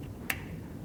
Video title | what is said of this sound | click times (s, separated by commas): Winding and loading a new bobbin into the Mauser Spezial | just so it locks in place so as we turn it that little winding arm as well also turns | 0.3 s